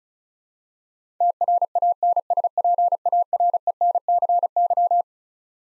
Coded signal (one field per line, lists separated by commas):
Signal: Morse code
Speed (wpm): 34 wpm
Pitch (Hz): 700 Hz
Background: none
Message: TRANSPARENCY